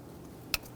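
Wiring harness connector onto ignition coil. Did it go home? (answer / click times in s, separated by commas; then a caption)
yes / 0.5 s. On a 2007–2021 Toyota Tundra during valve cover replacement, a coil wiring harness connector is lined up and pushed onto an ignition coil. Against a low, steady background, one sharp snap is heard at 0.5 s as the connector seats.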